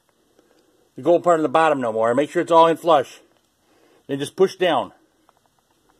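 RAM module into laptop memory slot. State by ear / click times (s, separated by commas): not seated / none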